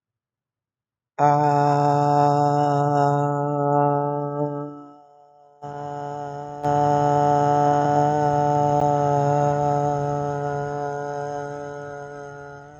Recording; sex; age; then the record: vowel held as long as possible; female; 50 to 59 years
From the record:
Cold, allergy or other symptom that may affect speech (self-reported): no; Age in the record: 55 years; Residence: Illinois, United States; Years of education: 16